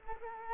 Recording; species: mosquito wingbeat signal from an infrared sensor; Culex quinquefasciatus